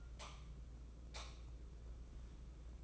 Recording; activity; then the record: daily activity, microphone in the room; light on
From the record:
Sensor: 1